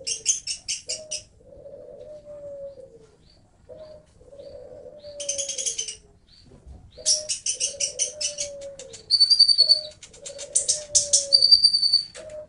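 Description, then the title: Oriental magpie-robin song in bursts of rapid, harsh, buzzy high notes, alternating with a steady series of low, drawn-out dove coos. "Kicau Kacer"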